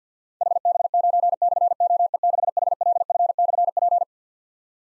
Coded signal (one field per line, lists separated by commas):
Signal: Morse code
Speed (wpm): 52 wpm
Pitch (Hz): 700 Hz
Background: none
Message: HB9/OE6HLF/P